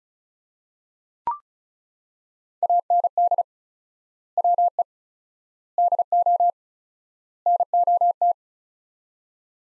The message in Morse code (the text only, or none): AND WE DO NOT